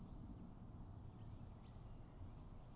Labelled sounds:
Common Chaffinch
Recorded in Germany
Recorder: ecoPi

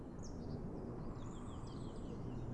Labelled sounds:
Great Spotted Woodpecker
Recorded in Germany
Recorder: ecoPi

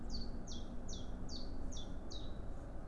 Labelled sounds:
Common Chiffchaff
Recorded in Germany
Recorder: ecoPi

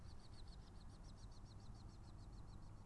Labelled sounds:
Mallard
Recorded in Germany
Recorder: ecoPi

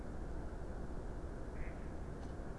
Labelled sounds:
Mallard
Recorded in Germany
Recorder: ecoPi

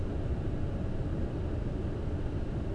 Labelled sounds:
none
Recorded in Germany
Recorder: ecoPi

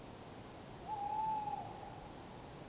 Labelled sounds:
Tawny Owl
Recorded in Germany
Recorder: ecoPi

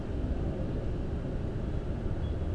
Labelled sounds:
none
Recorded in Germany
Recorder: ecoPi

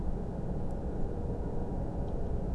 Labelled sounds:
Song Thrush
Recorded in Germany
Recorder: ecoPi

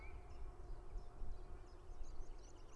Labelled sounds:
Common Chiffchaff
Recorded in Germany
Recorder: ecoPi

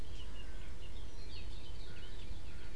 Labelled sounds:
Eurasian Blackcap
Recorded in Germany
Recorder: ecoPi

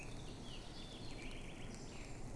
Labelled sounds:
Eurasian Blackcap
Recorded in Germany
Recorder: ecoPi

